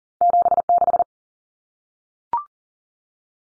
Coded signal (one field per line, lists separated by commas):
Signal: Morse code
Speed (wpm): 40 wpm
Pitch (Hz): 700 Hz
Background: none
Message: 76